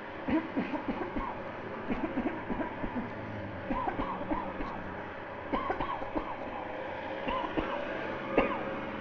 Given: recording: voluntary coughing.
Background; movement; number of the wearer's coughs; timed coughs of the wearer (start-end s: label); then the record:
traffic; sitting; 19
0.26-0.46 s: cough
0.54-0.80 s: cough
0.86-1.11 s: cough
1.13-1.47 s: cough
1.88-2.12 s: cough
2.14-2.39 s: cough
2.47-2.73 s: cough
2.81-3.17 s: cough
3.68-3.92 s: cough
3.96-4.24 s: cough
4.28-4.53 s: cough
4.58-4.88 s: cough
5.50-5.74 s: cough
5.77-6.07 s: cough
6.14-6.42 s: cough
6.42-6.80 s: cough
7.26-7.50 s: cough
7.54-7.86 s: cough
8.35-8.67 s: cough
From the record:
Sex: female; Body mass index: 36.4 kg/m2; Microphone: on the chest, facing outward